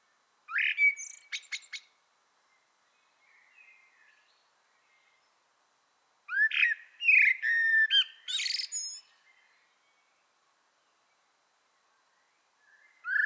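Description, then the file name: Common blackbird singing mellow whistled phrases that rise and fall, each finished with thin high twittering; a pause between phrases and a new phrase beginning at the end. "Turdus merula"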